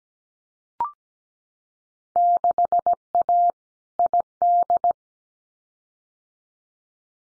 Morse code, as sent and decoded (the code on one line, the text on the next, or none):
-.... .- / .. -..
6A ID